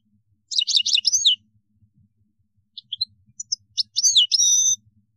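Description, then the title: European goldfinch song: a quick run of chattering notes, a few scattered chips, then a liquid twittering phrase with a drawn-out ending. "Chant Chardonneret"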